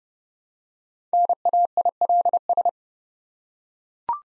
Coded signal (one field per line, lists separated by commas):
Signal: Morse code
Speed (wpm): 30 wpm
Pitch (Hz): 700 Hz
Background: none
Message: NAILS